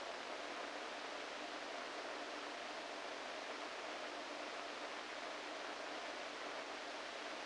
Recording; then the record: brain microelectrode recording played as sound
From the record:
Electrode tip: inside the subthalamic nucleus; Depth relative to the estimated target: -2 mm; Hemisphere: right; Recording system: NeuroSet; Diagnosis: Parkinson's disease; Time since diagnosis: 14 years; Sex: male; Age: 51 years